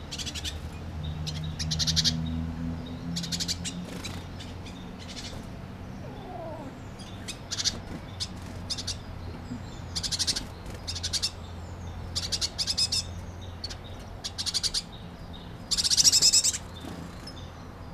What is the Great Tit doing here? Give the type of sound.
begging call